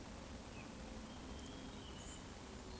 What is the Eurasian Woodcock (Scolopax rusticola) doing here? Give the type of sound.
whistle